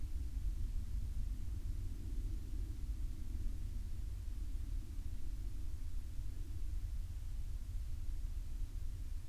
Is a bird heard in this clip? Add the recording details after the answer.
no. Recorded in the Prudhoe Bay oil fields, Alaska, on 4 August 2019 at 20:51. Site 14